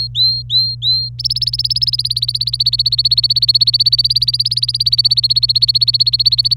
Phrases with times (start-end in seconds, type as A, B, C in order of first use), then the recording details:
0.00-1.09 A, 1.19-6.56 B. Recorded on 26 April 2018 at 10:13. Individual llb3